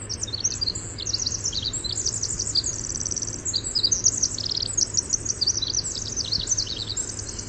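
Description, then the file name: Winter wren song, an extended high torrent of sparkling trills and rapid twitters running almost the whole time over steady low hum. "WIWR song"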